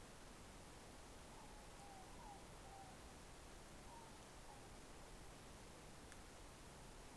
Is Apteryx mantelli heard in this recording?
no